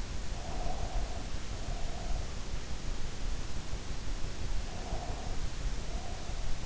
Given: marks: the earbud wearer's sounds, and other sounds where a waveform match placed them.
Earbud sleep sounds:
sounds in sleep by an in-ear microphone; breath
0.23-2.47 s: breath
4.61-6.66 s: breath

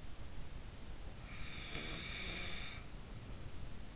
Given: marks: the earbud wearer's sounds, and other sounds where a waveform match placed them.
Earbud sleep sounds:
sounds in sleep by an in-ear microphone; breath
0.73-3.48 s: breath

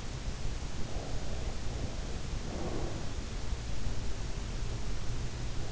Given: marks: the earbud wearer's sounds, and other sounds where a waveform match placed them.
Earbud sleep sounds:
sounds in sleep by an in-ear microphone; breath
1.00-3.13 s: breath

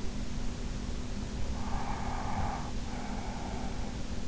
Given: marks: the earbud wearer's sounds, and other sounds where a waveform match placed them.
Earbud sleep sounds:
sounds in sleep by an in-ear microphone; breath
1.45-3.85 s: breath

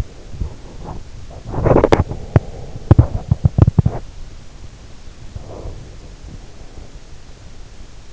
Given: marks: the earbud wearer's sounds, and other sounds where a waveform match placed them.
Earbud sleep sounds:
sounds in sleep by an in-ear microphone; teeth grinding, breath
0.00-4.06 s: teeth grinding
5.34-6.17 s: breath

